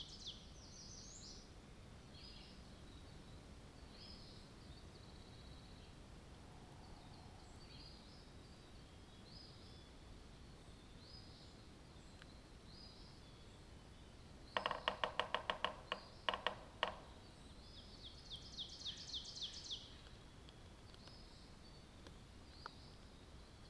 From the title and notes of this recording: Soundscape recordings made in the Eastern part of Parry Sound District of Ontario or what is locally known as the Almaguin Highlands. Inside that bird feeder was an audio recorder that captured the overnight soundscapes of spring.